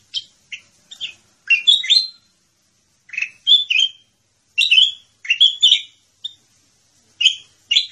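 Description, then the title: Sooty-headed bulbul with repeated liquid, chirpy phrases, some notes doubled, delivered in irregular bursts over a quiet background. "Suara Burung Kutilang"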